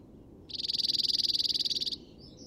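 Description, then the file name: Cirl Bunting song: one level rattling trill of rapid repeated notes, about one and a half seconds long, with faint notes after it. "hacksparv"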